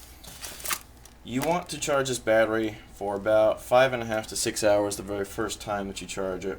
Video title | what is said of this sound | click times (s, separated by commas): Airsoft GI 101 - CM028 Owners Manual | Make sure you hear the click. | 0.7 s